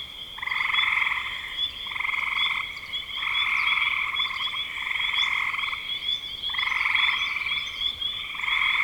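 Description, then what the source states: Many frogs calling at once, pulsed buzzy trills in surging waves separated by short dips, a faint high chirping layer behind. Frogs in spring 2025.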